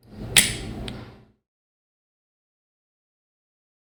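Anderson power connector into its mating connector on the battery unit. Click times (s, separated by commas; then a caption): 0.4 s. An Anderson-type power connector that has come loose on a battery unit is pushed back into its mating connector. It gives a sharp click at 0.4 s over a short stretch of handling noise, and a fainter tick follows at 0.9 s. The connector is seated.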